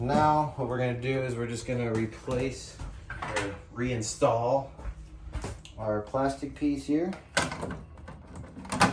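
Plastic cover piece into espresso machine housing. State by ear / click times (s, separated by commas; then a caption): not seated / none. A plastic cover piece is being reinstalled into the housing of a Nuova Simonelli Appia Life single group espresso machine, after the braided water line and drain hose have been routed. Someone talks throughout, with a few short handling knocks near the end. The piece has not yet snapped into place and nothing has seated.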